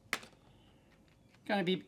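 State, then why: Not seated. A small one-way keyed plug-in part is tried in its mating socket, first one way and then from the other end, but it does not latch and just sits loose and flaps around. A sharp tap at 0.1 s and faint ticks near 1.1 and 1.4 s are heard over quiet background, then someone talks. Nothing has seated or clicked yet.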